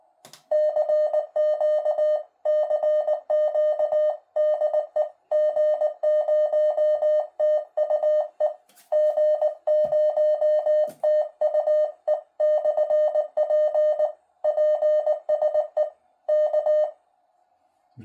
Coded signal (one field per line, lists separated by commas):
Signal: Morse code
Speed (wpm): 19 wpm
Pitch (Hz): 610 Hz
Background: none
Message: CQ CQ DE G0TUE G0TUE/P PSE K